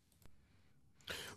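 An adult man on a phone call makes short, noisy vocal tic sounds: a brief burst, then a longer breathy, hissing one. These are vocal tics of Tourette syndrome, noises heard throughout the call and eased by tablets he takes.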